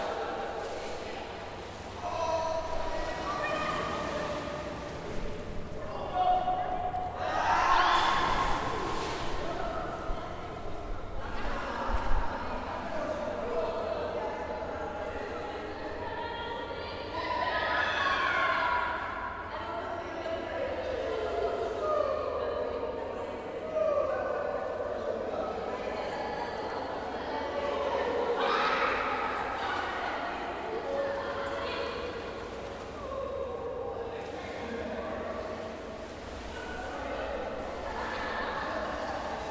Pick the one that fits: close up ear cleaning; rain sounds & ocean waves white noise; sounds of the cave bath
sounds of the cave bath